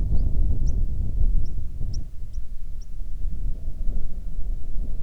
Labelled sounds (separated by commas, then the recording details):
songbird, wind
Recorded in the Prudhoe Bay oil fields, Alaska, on 9 June 2019 at 16:35
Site 21